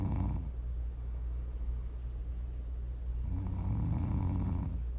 Prime ASMR snoring.